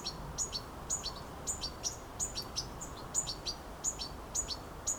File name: Carduelis carduelis